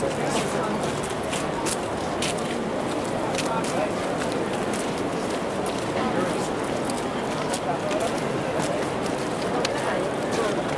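A dense outdoor crowd around the Eiffel Tower keeps up a steady roar of overlapping voices, with frequent sharp bright pops and clicks throughout.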